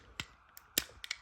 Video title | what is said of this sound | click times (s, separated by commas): The off road doctor - Random Reviews #7 Transformers AotP Red Alert | Make sure you hear a small click, | 0.8 s